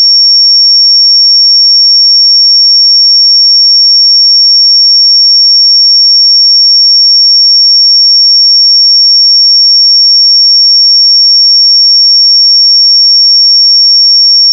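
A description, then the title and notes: A pure sine tone at 5505 Hz holds perfectly steady for the full fifteen seconds. The pitch is high and piercing, with no wavering in level or pitch and nothing else in the background, ending abruptly at the very end. 5505 Hz 1 Hz Interval Sine Pure Tone Frequency 441000 Sample Mono.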